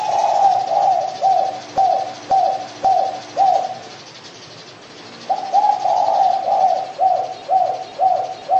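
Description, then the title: Pigeon cooing, low hollow coos repeated roughly twice a second in a steady series, pausing about a second before resuming, with a few faint clicks. "Canto Da Pomba"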